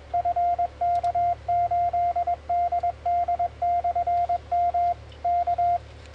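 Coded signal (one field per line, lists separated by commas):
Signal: Morse code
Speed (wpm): 22 wpm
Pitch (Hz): 2100 Hz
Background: radio noise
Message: FK8DD/M K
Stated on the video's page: Mobile CW contact on 20m, 14.018 kHz.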